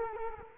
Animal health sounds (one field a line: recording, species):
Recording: mosquito wingbeat signal from an infrared sensor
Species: Culex quinquefasciatus